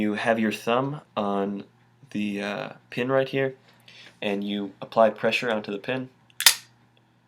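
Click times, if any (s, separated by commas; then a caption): 6.4 s, 6.5 s. Someone talks, then a thumb presses the pin of a SOG Flash II assisted-opening folding knife and the spring-assisted steel blade swings open in the handle. Sharp snaps at 6.4 s and 6.5 s as the blade pops open and locks in place.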